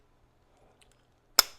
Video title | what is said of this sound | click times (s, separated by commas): This Zorro 912 IS INSANELY Heavy! | Like, y'all hear that, right? | 1.4 s